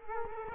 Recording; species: mosquito wingbeat signal from an infrared sensor; Culex quinquefasciatus